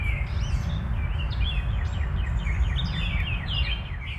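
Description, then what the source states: Birds chirping, short slurred notes tumbling quickly one after another, set against a steady low background rumble. Birds heard along with a distant train.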